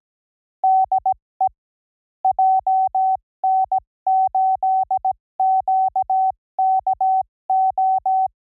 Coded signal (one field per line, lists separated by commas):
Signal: Morse code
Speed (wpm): 18 wpm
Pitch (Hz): 760 Hz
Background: none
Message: DE JN8QKO